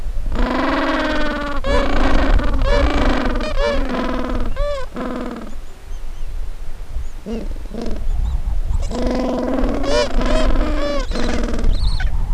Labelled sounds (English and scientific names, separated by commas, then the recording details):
Gentoo Penguin (Pygoscelis papua)
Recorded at the colony at Stromness, on 23 December 2014
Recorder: Song Meter SM2+